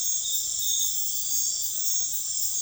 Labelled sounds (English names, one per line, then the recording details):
none
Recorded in dense forest near Puerto Asís, Putumayo, Colombia, on 21 February 2024 at 00:30
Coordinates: 0.505, -76.324
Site G6467